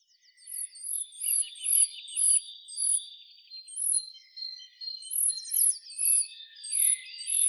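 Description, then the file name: Eurasian blue tit calling, thin very high notes repeated about twice a second with a brief pause near the middle, over lower twittering and buzzy notes. "Cyanistes caeruleus"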